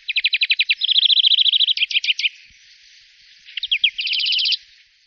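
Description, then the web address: European greenfinch song: fast, ringing trills of repeated notes in several rapid bursts, a pause, then a few separate notes and another trill. "Voegel Gruenfink"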